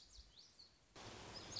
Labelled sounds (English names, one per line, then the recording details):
Lazuli Bunting
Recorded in Sonoma County, California